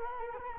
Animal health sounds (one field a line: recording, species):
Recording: mosquito wingbeat signal from an infrared sensor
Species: Culex quinquefasciatus